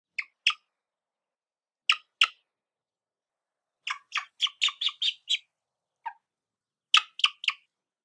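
Black-chested buzzard-eagle giving sharp, high chirping notes: first in pairs, then a quick run of several, a single lower note, and a final group of three. Quiet between the groups.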